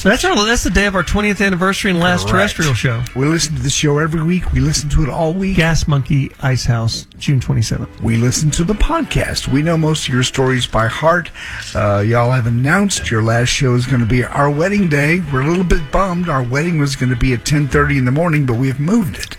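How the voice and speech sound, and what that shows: A man reads a listener's letter aloud on radio, speaking fluently and clearly with ordinary voice and pacing.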